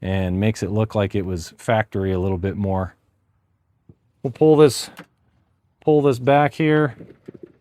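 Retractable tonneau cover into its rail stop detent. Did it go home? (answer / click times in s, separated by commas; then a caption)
no / none. Someone talks while the retractable metal tonneau cover on a 2026 Ram Rebel truck bed is about to be pulled back by hand toward its rail stop detent, an intermediate stopping point. Only a few faint, soft ticks are heard near the end of the clip. Nothing has seated or clicked into the detent yet.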